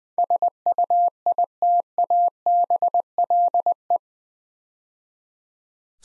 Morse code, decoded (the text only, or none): SUITABLE